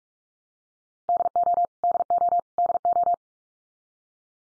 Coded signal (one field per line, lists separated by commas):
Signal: Morse code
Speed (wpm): 44 wpm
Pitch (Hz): 700 Hz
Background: none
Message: DO DO DO